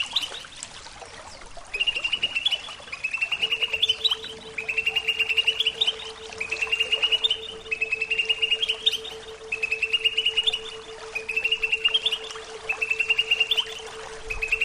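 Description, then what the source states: Greater green leafbird repeating rapid trilled phrases at a steady pace, a steady low hum joining partway through. Bird training (terapi) recording.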